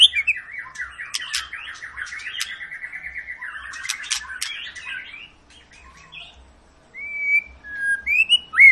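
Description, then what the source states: White-rumped shama song with a long rapid trill falling slightly in pitch, loud clicks over it, then a pause and clear rising whistles. Long lure recording of a vigorously singing White-rumped shama, used to prompt other shamas to sing.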